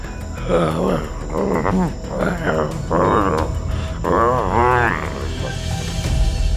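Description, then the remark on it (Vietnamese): A dog growls softly in a series of wavering, throaty bursts, the low rumbling tones rising and falling over several seconds before trailing off. “Nó cất tiếng gầm gừ khe khẽ thoát ra từ cổ họng.”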